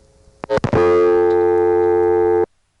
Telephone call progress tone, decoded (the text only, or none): dial tone